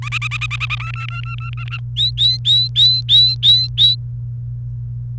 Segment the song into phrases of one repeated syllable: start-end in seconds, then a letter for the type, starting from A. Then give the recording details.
0.02-0.75 A, 0.77-1.78 B, 1.97-3.95 C. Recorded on 28 April 2018 at 11:19. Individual llb3